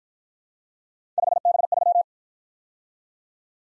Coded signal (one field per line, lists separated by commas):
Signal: Morse code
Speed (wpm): 53 wpm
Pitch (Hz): 700 Hz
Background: none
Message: 5B3